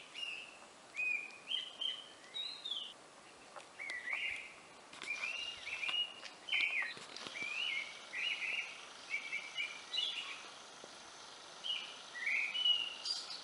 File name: Grey-winged blackbird Alok